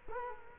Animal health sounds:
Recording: mosquito wingbeat signal from an infrared sensor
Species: Culex quinquefasciatus

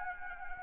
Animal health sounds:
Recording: mosquito wingbeat signal from an infrared sensor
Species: Anopheles arabiensis

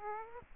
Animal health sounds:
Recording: mosquito wingbeat signal from an infrared sensor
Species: Aedes aegypti

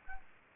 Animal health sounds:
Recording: mosquito wingbeat signal from an infrared sensor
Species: Aedes albopictus

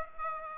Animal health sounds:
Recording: mosquito wingbeat signal from an infrared sensor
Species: Aedes aegypti

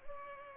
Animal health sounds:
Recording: mosquito wingbeat signal from an infrared sensor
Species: Culex pipiens

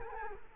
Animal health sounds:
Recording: mosquito wingbeat signal from an infrared sensor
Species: Culex quinquefasciatus

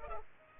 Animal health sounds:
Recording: mosquito wingbeat signal from an infrared sensor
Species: Culex pipiens

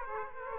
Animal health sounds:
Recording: mosquito wingbeat signal from an infrared sensor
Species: Aedes aegypti

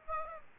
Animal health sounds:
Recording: mosquito wingbeat signal from an infrared sensor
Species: Aedes aegypti

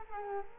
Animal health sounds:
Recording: mosquito wingbeat signal from an infrared sensor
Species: Culex quinquefasciatus

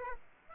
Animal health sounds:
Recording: mosquito wingbeat signal from an infrared sensor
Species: Aedes aegypti

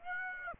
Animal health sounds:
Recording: mosquito wingbeat signal from an infrared sensor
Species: Aedes aegypti

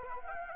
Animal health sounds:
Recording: mosquito wingbeat signal from an infrared sensor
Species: Anopheles arabiensis

